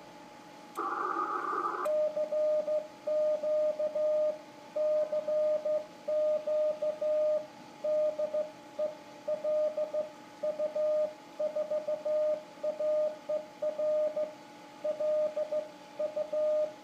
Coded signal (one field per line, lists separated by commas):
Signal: Morse code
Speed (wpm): 14 wpm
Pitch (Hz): 610 Hz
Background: radio noise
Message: CQ CQ DE LU4AER LU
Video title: CW CQ call from three different views